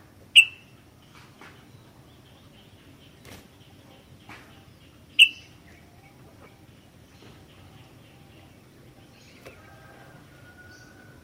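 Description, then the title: Sooty-headed bulbul giving two abrupt, piercing notes about five seconds apart, with faint clicks between and a soft thin whistle near the end. "kutilang"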